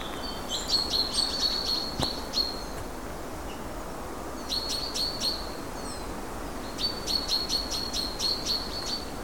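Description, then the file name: Great tit calling in three quick bursts of high, sharp, repeated notes, with brief pauses between bursts, against a constant hiss of background noise. "Parus major"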